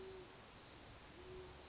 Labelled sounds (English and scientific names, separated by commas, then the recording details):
Great Horned Owl (Bubo virginianus)
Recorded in Sonoma County, California